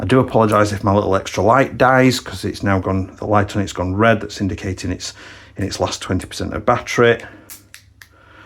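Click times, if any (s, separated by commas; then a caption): 7.7 s, 8.0 s. A black plastic part is clicked onto the gearbox of a CYMA CM077F airsoft AEG during reassembly while someone talks. Two sharp, short clicks at 7.7 s and 8.0 s mark it seating flush on both sides.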